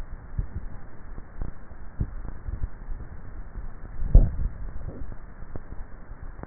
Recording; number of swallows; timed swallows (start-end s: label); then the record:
swallowing sounds by neck microphone; 1
4.05-4.72 s: swallow
From the record:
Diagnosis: dysphagia